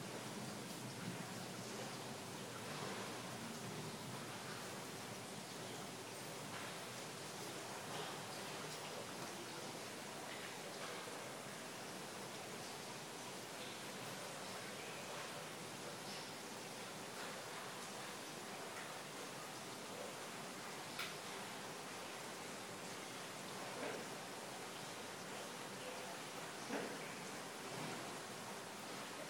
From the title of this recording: Rain at Berlin